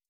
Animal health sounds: hydrophone in a shrimp aquaculture tank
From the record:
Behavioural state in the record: starved

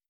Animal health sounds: hydrophone in a shrimp aquaculture tank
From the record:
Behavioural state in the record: stressed

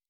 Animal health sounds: hydrophone in a shrimp aquaculture tank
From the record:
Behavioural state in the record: normal

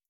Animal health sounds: hydrophone in a shrimp aquaculture tank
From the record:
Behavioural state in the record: starved

